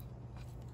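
Three crimped pin terminals are pushed together into a plastic servo connector housing, and one pin snaps into place with a sharp click at 0.0 s. Low background hum continues, with a softer bump around 0.4 s. Only the first of the three pins has seated so far.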